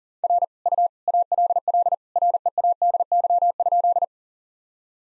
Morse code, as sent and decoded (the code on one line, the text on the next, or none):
.-. / ..- / .- .-.. .-.. / .-. . .- -.. -.-- ..--..
R U ALL READY?